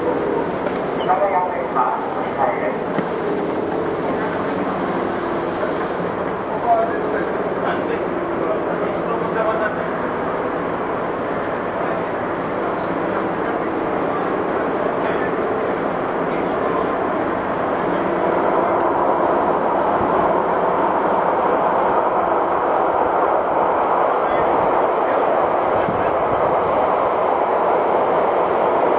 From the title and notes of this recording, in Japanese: 東急8500系 表参道〜あざみ野。東京メトロ→東急区間の録音です。